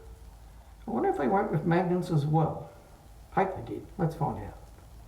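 A man talks while handling the top cap of a Twig razor, about to place it onto the razor head, where it is held by magnets. His voice fills the clip, with quiet pauses between phrases. Nothing has seated or snapped into place yet.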